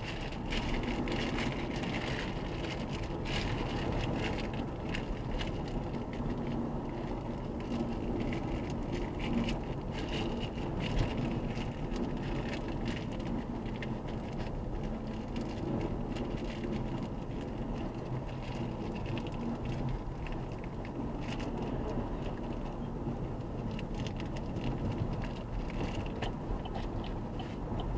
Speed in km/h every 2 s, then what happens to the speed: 63, 63, 64, 61, 60, 60, 59, 58, 58, 60, 59, 59, 61, 62.
0-28 steady at about 60.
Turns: none.